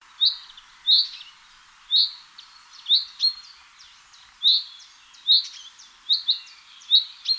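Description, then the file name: Common chaffinch calling: bright, high single chirps at irregular intervals of about a second, occasionally doubled, over a light background hiss. "Fringilla coelebs"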